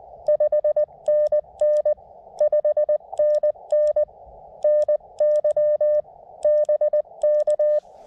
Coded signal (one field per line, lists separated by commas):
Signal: Morse code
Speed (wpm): 19 wpm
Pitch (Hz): 600 Hz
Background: none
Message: 5NN 5NN NY BK